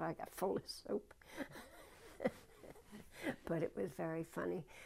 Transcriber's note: she laughs